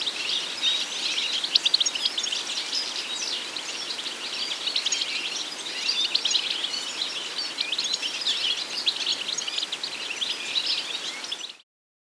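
European goldfinch singing a steady, bright chatter of quick trills and twitters for about eleven seconds, then cutting off abruptly.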